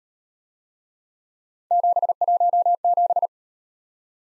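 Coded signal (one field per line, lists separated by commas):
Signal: Morse code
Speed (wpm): 37 wpm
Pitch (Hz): 700 Hz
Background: none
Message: 717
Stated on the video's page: Speed-Racing 28 wpm drill of three-character letter-number combinations, starting at 1.5 times base speed and slowing to base, with a final repeat at maximum speed.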